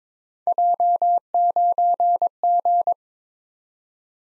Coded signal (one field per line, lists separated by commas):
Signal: Morse code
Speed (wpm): 23 wpm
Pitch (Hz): 700 Hz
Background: none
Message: J9G